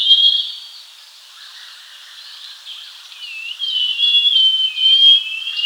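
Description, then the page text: Scaly-crowned babbler song: high whistled phrases, dipping and rising, fading in the middle and then returning stronger toward the end. "Scaly-Crowned Babbler Song Sound Effect. Quick Sounds"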